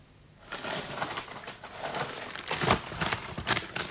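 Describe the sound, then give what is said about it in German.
Dry, crinkly rustling of a stack of grey paper envelopes being handled, with irregular bursts of crackling that swell and fade over a few seconds, no voices. “Was ist denn das? Ein Stapel von grauen Umschlägen? Ein ganzer Stapel? Gib mal her.”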